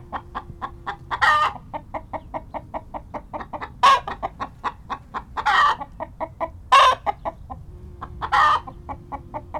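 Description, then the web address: Chicken giving fast, repeated clucks interrupted by five loud, raspy squawks spread throughout. "Tom Hutchings Chicken Cluck and Squawks"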